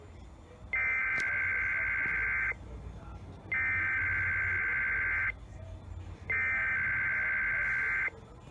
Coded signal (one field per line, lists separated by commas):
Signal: Emergency Alert System (SAME) tones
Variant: header bursts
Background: speech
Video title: Sunday Morning Weeklies (EAS #2920-2922)